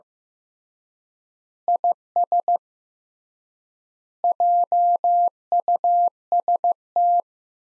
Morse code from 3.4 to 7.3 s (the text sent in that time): JUST